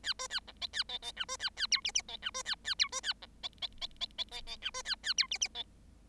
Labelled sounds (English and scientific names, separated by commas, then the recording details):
Bengalese Finch (Lonchura striata domestica) song
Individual Bird7